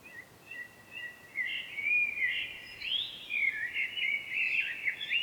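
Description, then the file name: Common blackbird song: a continuous run of mellow, fluty warbled phrases with twittery flourishes, rising and falling through a mid-high pitch, over a faint steady background hiss. "Turdus merula"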